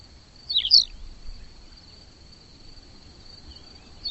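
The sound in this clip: Bird call: a brief high scratchy chirp cluster early and another at the end, over a steady thin high whine and low rumble.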